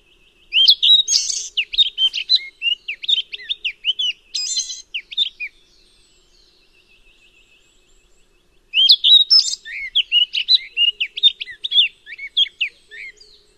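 Elisa's flycatcher song: two bursts of quick, varied high chirps and whistled notes, each lasting several seconds, with a soft pause between them.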